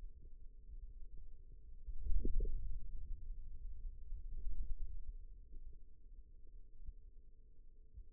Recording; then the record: forearm muscle sounds (acoustic myography)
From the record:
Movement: hand opening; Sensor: system 2, bracelet of six BSWA MPA416 microphones around the upper forearm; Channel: 3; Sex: male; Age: 22 years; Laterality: right